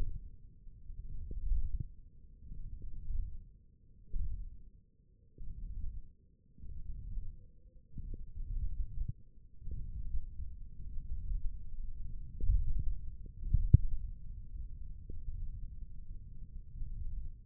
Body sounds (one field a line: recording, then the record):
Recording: forearm muscle sounds (acoustic myography)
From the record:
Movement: thumb flexion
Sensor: system 1, eight BSWA MPA416 microphones around the upper forearm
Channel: 1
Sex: male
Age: 20 years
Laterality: left